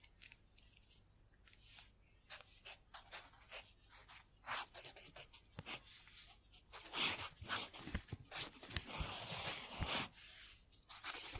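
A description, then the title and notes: Pen scribbling on paper: quick, scratchy strokes come in short, bright bursts with brief pauses between them. Around seven to ten seconds the strokes get denser and louder, nearly continuous, before thinning out again toward the end. Scribbling On Paper.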